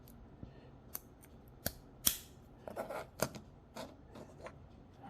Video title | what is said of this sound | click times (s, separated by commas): Light bulb replacement for TYCO US1 Electric Trucking Lighted Peterbilt Truck Cab 3935 3939 | right, so that's snapped into place. | 2.1 s